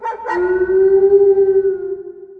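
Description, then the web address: Fox call: a short rough onset, then a long, steady, smooth tonal howl holding one pitch for about two seconds before fading slightly. "EARTH. FOX"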